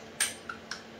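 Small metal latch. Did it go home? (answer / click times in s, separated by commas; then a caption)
yes / 0.5 s, 0.7 s. An aluminium quick release plate is slid onto the base connection of a Zhiyun Crane M2 gimbal clamp, with a brief broadband burst around 0.2 s followed by two small, sharp clicks at 0.5 s and 0.7 s as it locks in place and the lever is popped down. The plate is seated and locked in the clamp.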